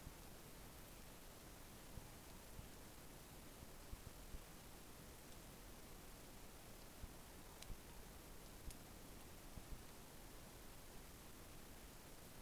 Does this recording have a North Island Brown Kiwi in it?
no